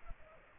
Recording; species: mosquito wingbeat signal from an infrared sensor; Culex pipiens